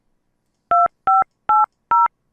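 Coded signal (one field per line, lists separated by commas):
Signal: DTMF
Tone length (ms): 180 ms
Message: 2580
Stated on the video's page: Touch-tone menu input used to change settings on a CX-E voicemail mailbox.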